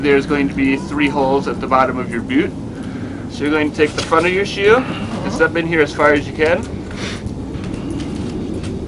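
A ski boot toe is stepped forward into a three-pin cross-country ski binding and lined up over the three pins before the clamp is pushed down, while someone talks. A brief sharp sound comes near 6.9 seconds, but the boot has not yet clamped or clicked into the binding.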